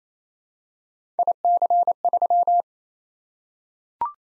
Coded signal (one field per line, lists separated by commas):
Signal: Morse code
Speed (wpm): 27 wpm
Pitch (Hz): 700 Hz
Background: none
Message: IC3